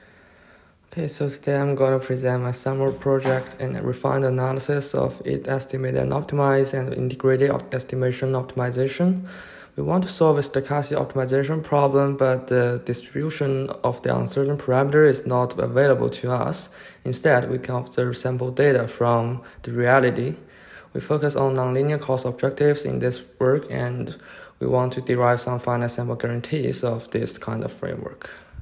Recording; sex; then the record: free speech after running; male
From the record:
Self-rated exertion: light exertion (2 of 6); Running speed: 6 miles an hour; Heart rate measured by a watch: 107 beats a minute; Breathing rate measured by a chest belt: 10 breaths a minute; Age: 23 years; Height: 172 cm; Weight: 64 kg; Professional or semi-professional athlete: yes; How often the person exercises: 3 to 5 times a week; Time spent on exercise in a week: 2 to 3 hours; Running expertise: no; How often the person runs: 1 to 2 times a week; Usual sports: running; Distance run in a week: 15 km